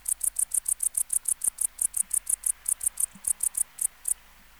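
Tettigonia hispanica bush-cricket song of rapid high buzzy syllables, with a couple of brief gaps, stopping abruptly near the end.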